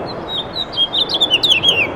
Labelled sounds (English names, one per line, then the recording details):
House Finch song
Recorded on Long Island, New York, on 18 June 2012
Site BA
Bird C